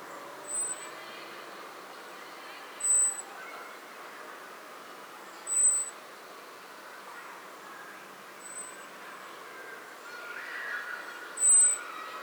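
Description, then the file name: Eurasian blackbird repeating a sharp, thin, very high note five times at irregular intervals, over faint background noise. "Turdus merula"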